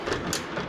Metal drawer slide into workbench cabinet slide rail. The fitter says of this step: hear a click and then slide in and now your drawers are in